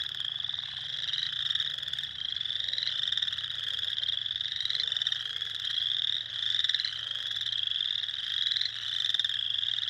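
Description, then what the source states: Spring peeper chorus of many overlapping high peeps, rising and falling in intensity, with a few faint lower notes underneath. Recorded 2021-04-06.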